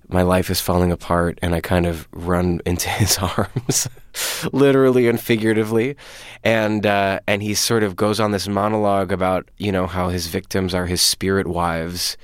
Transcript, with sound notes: my life is falling apart, and I kind of run into his arms, (laughter) literally and figuratively. And he sort of goes on this monologue about, you know, how his victims are his spirit wives.